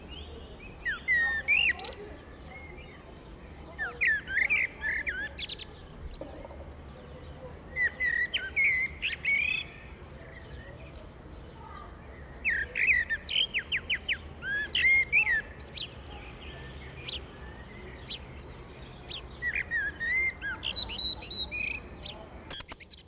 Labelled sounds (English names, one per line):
Common Blackbird song